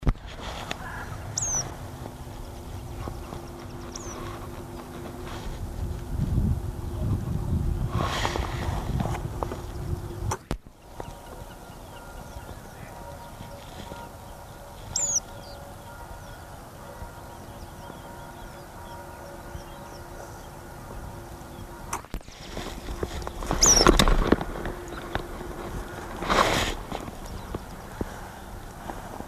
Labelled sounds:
Red-throated Pipit call
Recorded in the wild
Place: Anhauser Weiher, DE
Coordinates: 48.8458, 10.6578
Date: 1968-04-27
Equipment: Uher Report 4000, AKG D190
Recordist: Krey, Winfried

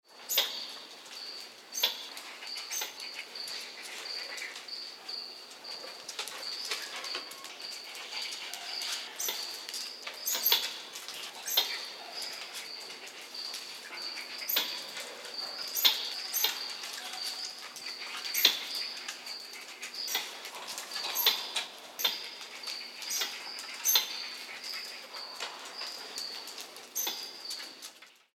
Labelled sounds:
White-nosed Coati
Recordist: Tembrock, Günter
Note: Kurzlaute beim Umherlaufen

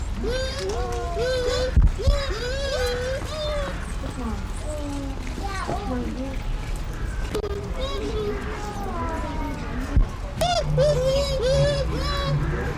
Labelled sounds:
Bush Dog
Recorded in captivity
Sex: pair
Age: adult
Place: Zoo Berlin, Berlin, DE
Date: 1993-03-20 14:04
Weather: 5-12 °C, böiger Wind
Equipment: Marantz CP 430, Sennheiser ME 80, Kopie Uher Variocord 263
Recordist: Tembrock, Günter

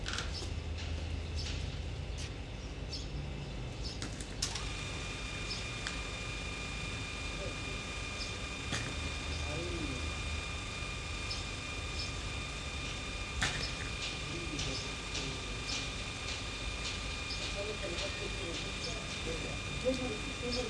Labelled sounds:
Red Fox
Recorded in captivity
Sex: diverse
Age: diverse
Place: Zoologisches Institut der HUB, Berlin, DE
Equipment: Elmetra
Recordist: Tembrock, Günter

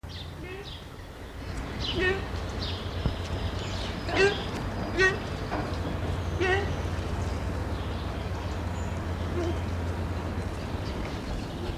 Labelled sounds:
Fallow Deer call
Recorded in captivity
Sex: female
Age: adult
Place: Zoo Schwerin, Mecklenburg-Vorpommern, DE
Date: 1982-06-15 17:01
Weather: partly sunny, 17°C
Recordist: Tembrock, Günter

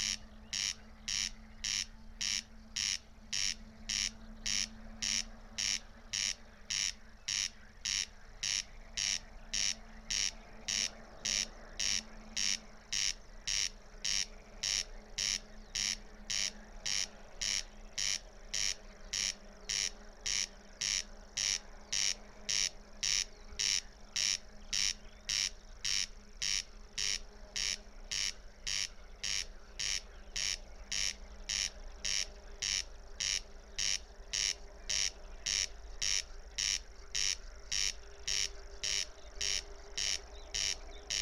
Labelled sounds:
Corn Crake song
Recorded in the wild
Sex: male
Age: adult
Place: Schwedt/Oder, Nationalpark Unteres Odertal, Brandenburg, DE
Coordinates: 50.0397, 14.2977
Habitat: meadow
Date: 2020-06-04 02:30
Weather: 8°C, 90% humidity, almost windless
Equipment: TASCAM DR680, Microtech Gefell MK 250/MV220
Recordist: Frommolt, Karl-Heinz

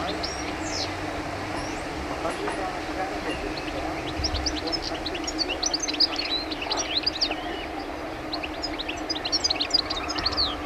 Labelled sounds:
European Goldfinch song
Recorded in the wild
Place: Rancho de Lila, ES
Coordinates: 36.9694, -6.35639
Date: 1971-03-21
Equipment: Uher Report 4200, AKG D190C in Doppel-Parabolreflektor
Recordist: Krey, Winfried

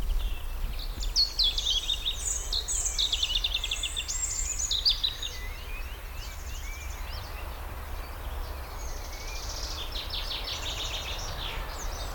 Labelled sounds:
Common Chaffinch
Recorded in the wild
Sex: male
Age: adult
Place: Rheinsberg, Brandenburg, DE
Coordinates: 53.1, 12.9
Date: 1995-04-14 19:23
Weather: heiter, 10°C
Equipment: Marantz CP 430, Sennheiser ME 80, Kopie Uher 4000 Report Monitor
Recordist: Tembrock, Günter

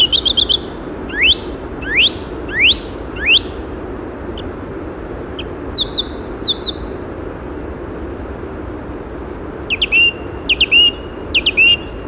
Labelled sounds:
Song Thrush song
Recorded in the wild
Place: Sapareva Banya, Rila-Gebirge, Sofia, BG
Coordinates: 42.29, 23.269
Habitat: Montains
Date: 1974-05-21
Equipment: Nagra III BH, Sennheiser MD 21, parabola
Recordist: Schubert, Michael
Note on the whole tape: Gesang Singdrossel, fernes, aber starkes Bach-Rauschen

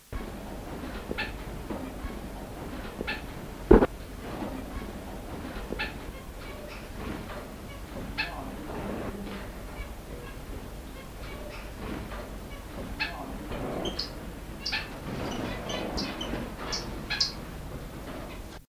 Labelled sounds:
Cinnamon-breasted Bunting call
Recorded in the wild
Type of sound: call
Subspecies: septemstriata
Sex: male
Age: adult
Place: Hannover, Niedersachsen, DE
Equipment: Halbspur, 9,5 cm/s
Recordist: Lütgens, Hans
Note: Männchen mit Kurzlauten, Hannover bei "Gerdes" (?)

